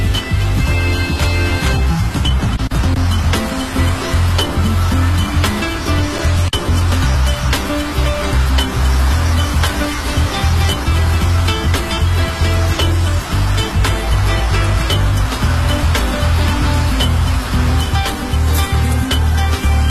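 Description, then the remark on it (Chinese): Foie gras coated in tapioca starch fries in a pan with a loud, steady sizzle and dense crackling that runs unbroken throughout, with no voices. “我们现在先给那个鹅肝点一层那个木薯淀粉，然后这样煎起来就没那么容易烂了。”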